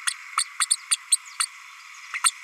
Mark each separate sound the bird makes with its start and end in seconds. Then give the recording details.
0.07-0.13, 0.37-0.45, 0.60-0.66, 0.70-0.77, 0.91-0.97, 1.11-1.18, 1.40-1.46, 2.13-2.20, 2.24-2.32. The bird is a female. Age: 32 days. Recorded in a nest box in Venezuela. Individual 17B32A5